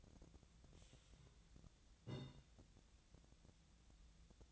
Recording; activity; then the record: daily activity, microphone in the room; take from stove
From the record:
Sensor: 3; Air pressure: 1010.0 hPa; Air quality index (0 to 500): 188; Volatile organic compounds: 14 ppm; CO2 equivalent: 2452 ppm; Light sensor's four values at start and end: 42/104/45/48 and 42/105/45/48